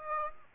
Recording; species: mosquito wingbeat signal from an infrared sensor; Aedes aegypti